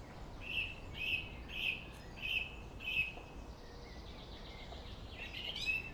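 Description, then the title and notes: Song thrush singing one sharp note five times about every half second, followed by softer twittering and a rising note, with traffic hum behind. Singing in Friedhof Columbiadamm (Neuer Garnisonsfriedhof) cemetery, Berlin; distant city traffic noise; recorded with Sony PCM D50. "Friedhof Columbiadamm, Berlin - Song thrush. Friedhof Columbiadamm (Neuer Garnisonsfriedhof), Song thrush (Singdrossel) singing, distant city. traffic noise (Sony PCM D50)"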